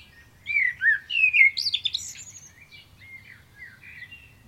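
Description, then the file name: Common blackbird singing a mellow, fluty warbled phrase that rises into high, squeaky twitters, then fades into softer notes. "Turdus merula"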